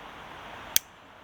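A short implement on a Nextool Flagship Captain 19 in 1 multitool is swung open until a flexing metal spring catches the notch in its base, seating it in its spring detent in the tool frame. Over a steady low hiss, a single sharp snap sounds at 0.8 s. The implement snaps into place, held by a detent rather than a hard lock.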